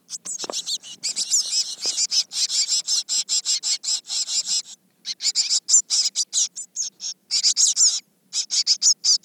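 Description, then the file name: Eurasian blue tit calls: fast, dense chatter of high, scratchy notes, broken by short pauses, continuing steadily throughout. "Cyanistes caeruleus"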